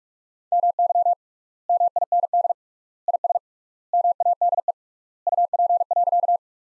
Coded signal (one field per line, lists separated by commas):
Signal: Morse code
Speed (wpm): 46 wpm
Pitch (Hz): 700 Hz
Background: none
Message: MY MIND IS MADE UP.